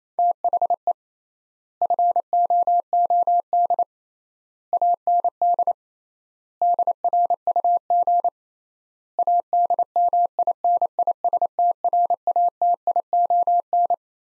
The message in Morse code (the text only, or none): THE FOOD AND DRUG ADMINISTRATION